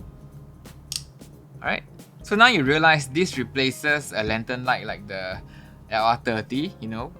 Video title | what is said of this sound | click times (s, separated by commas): How did they fit 5 tools into one light? - LR60 (280 lumen) First Look | make sure you slide it in until you hear a loud click here | 1.0 s